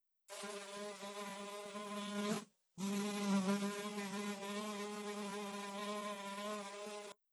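Insect buzzing, a steady droning whine with a brief break, then continuing evenly for several seconds before stopping abruptly.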